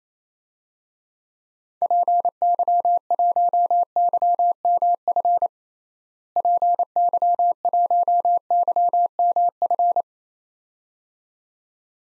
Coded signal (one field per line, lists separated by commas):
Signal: Morse code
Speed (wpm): 28 wpm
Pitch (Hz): 700 Hz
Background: none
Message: PY1YMF PY1YMF